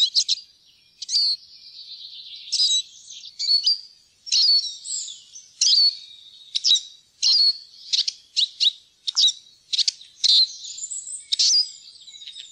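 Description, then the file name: Eurasian siskin uttering spaced, sharp high chirps and short twittering notes, a few rising slurs mixed in, repeated irregularly throughout. "groennsisik"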